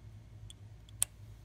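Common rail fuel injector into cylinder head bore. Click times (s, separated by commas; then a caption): 1.0 s. A common rail fuel injector for a Cummins ISL 8.9 is turned with the fingertips until its locating notch drops into place in the cylinder head bore, then given a small push. Two faint ticks at 0.5 and 0.9 s are followed by a sharp, bright click at 1.0 s as the injector seats, over a steady low hum.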